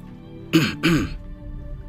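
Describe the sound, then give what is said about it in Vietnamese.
Two short, dry throat-clearing coughs in quick succession on a mountaintop, each a brief raspy burst, followed by a low background hum with no talking. “Giằng co trầm mặc trên đỉnh núi sau nửa ngày, Lâm Động cuối cùng ho khan một tiếng, chắp tay mà nói:”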